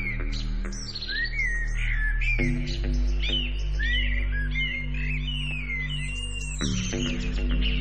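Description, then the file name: Birds chirping busily, rapid slurred whistles and twitters overlapping, with held musical tones and a deep drone changing beneath them. "naturelax birds"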